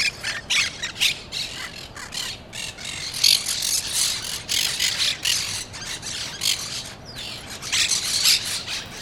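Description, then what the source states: Monk parakeet squawks, a steady stream of harsh, grating calls overlapping one another. Recorded March 12.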